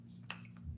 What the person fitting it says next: There we go. The cap really got pushed down for it to click into place.